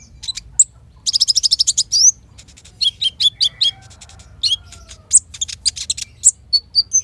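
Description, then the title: Van Hasselt's sunbird singing high, sharp notes with a fast stuttering trill near the start, then spaced chips and twitters over soft background hum. Steady, vigorous song of a Van Hasselt's sunbird, used to lure and provoke caged birds into answering and as therapy for them. "KOLIBRI NINJA KONIN IJOAN GACOR COCOK UNTUK PANCINGAN TERAPI KONIN BAHAN PASTI NYAUT"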